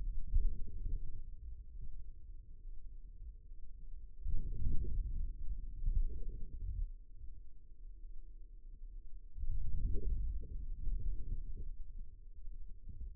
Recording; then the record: forearm muscle sounds (acoustic myography)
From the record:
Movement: outward rotation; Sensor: system 2, bracelet of six BSWA MPA416 microphones around the upper forearm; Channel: 4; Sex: male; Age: 22 years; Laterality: right